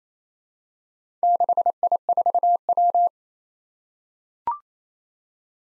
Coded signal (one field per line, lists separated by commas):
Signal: Morse code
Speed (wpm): 29 wpm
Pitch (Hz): 700 Hz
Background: none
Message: 6I4W